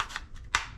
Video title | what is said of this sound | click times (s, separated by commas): making cold brew at home (easy!) | And you'll hear it click just like that. | 0.5 s